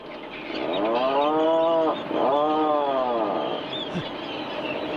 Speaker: You're listening to the surprising call of the Atlantic puffin. Yes, that's a bird.